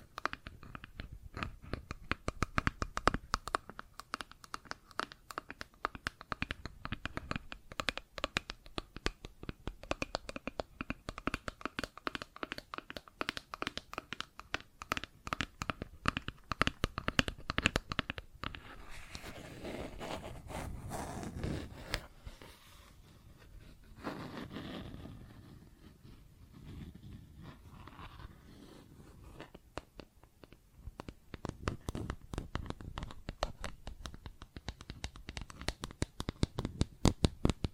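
Plastic objects tapped in quick, dense runs of sharp clicks, crinkling and scratching in between. Around the middle, from about 18 to 30 seconds, the tapping thins into softer, smoother rubbing and scraping, then brisk tapping returns toward the end.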